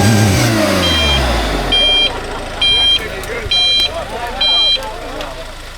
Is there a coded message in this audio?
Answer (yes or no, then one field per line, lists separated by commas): no